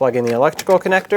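Someone talks while a plastic wiring harness electrical connector is handled at the back of a new front right window switch on a 2007-2014 Chevrolet Silverado 2500HD. The connector has not yet been plugged home, and nothing has seated or clicked yet.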